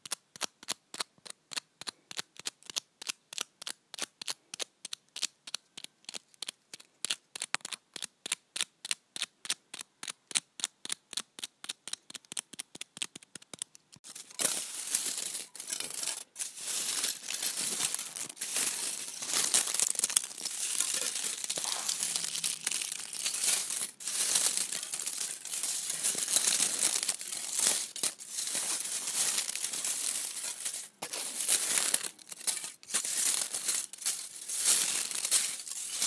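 Foil is tapped or crinkled in a fast, regular rhythm, then from about fourteen seconds becomes dense, continuous, bright scrunching and rubbing.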